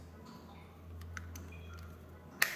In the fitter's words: is sitting very firm and clicks into place and